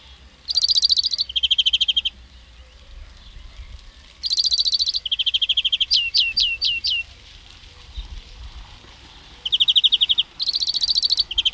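European greenfinch singing fast twittering trills that switch between higher and lower pitches, with a short run of upslurred notes in the middle of the song.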